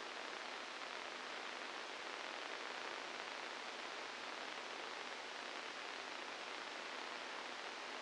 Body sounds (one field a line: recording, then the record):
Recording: brain microelectrode recording played as sound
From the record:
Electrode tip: inside the subthalamic nucleus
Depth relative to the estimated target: 2 mm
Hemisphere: left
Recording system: NeuroSet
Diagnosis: Parkinson's disease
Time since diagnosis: 12 years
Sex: male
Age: 61 years